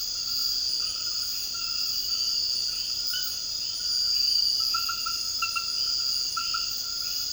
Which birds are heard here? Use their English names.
none